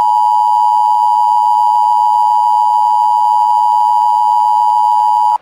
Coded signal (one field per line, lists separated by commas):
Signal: Emergency Alert System (SAME) tones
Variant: 853 and 960 Hz attention tone